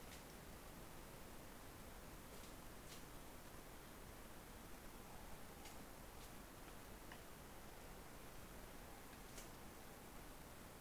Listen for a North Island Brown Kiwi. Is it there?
no